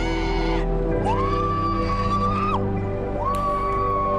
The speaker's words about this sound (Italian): Come hai curato la tonsillite dopo questo dopo questo urlo?